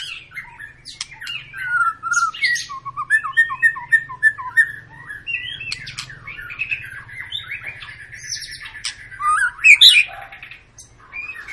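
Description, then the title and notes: White-rumped shama song: a dense, nonstop stream of varied whistles, slurs and chirps, with a low hum beneath. Long lure song (pancingan) of a gacor, actively singing white-rumped shama, played to make other birds sing. "Pancingan Murai Batu Gacor Panjang. muraiku"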